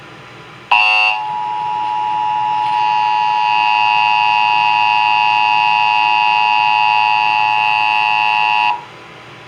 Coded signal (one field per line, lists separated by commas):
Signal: Emergency Alert System (SAME) tones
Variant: 853 and 960 Hz attention tone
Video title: AMBER Alert For Richmond or SVA NEW YORKS... EAS Alerts From 8/24/24 - 8/28/24 (EAS#1,875 - #1,879)